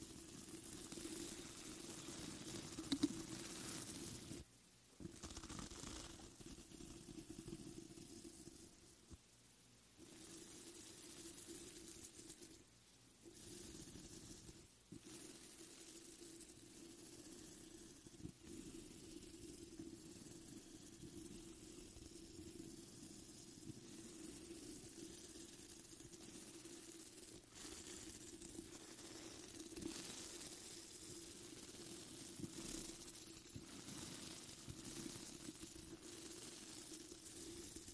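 Steady rough scratching of a mic brushing against a speaker grill, with a low hum underneath and brief dropouts near five, ten and fifteen seconds.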